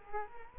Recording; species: mosquito wingbeat signal from an infrared sensor; Culex quinquefasciatus